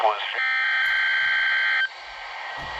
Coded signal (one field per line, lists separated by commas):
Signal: Emergency Alert System (SAME) tones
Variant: header bursts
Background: speech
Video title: [Required Weekly Test] EAS#43